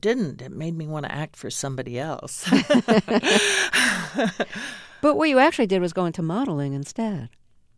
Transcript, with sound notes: It made me want to act for somebody else.
(LAUGHTER)
But what you actually did was go into modeling instead.